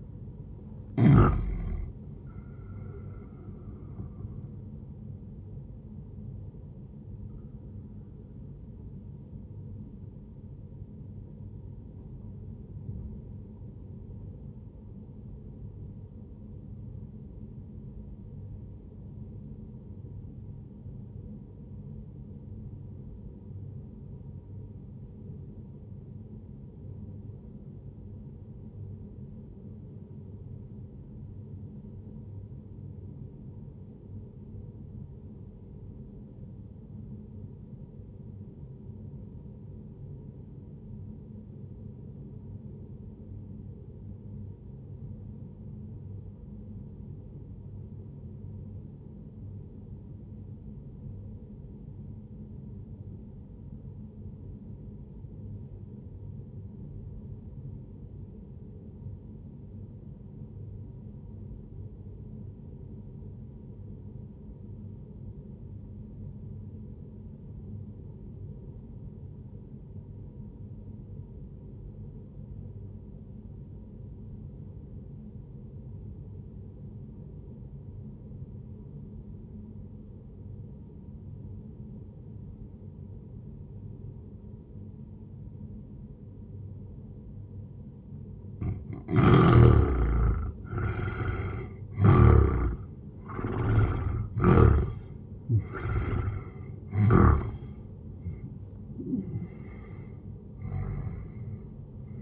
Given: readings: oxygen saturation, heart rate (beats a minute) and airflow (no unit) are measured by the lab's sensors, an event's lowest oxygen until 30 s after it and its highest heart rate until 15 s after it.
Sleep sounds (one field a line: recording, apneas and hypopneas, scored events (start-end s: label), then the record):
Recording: breathing in sleep by a smartphone at the bedside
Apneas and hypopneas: 1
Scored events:
11.00-88.30 s: obstructive apnea (N1, oxygen 96% highest, then 77% lowest, heart rate 63 at the start, 98 highest)
22.00-102.22 s: new sleep stage, REM sleep
From the record:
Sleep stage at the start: N1 (lightest sleep)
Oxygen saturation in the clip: 83 to 96%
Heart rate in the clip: 61 to 98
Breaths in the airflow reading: 6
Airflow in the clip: -14.0 to 16.0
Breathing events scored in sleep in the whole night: 131 in 7.2 hours asleep